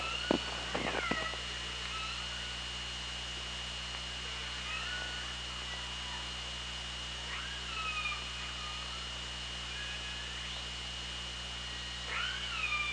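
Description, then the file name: Orca calls, several curving whistle-like tones sweeping up and down, spaced throughout, with a burst of clicks near the start over a steady underwater hum. Recorded by OrcaLab hydrophone underwater on 24 August 2017, 18:21:54. "Orca Lab UTLN JASON 20170824 182154"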